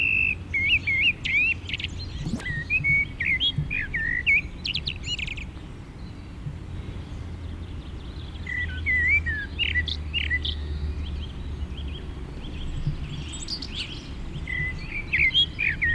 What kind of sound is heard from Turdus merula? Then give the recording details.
song. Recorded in the wild. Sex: male. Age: adult. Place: Garmisch-Partenkirchen, Bayern, DE. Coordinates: 47.4928, 11.0753. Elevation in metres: 705. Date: 1969-04-13. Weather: Schneefall. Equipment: Uher 4000 Report. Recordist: Tretzel, Erwin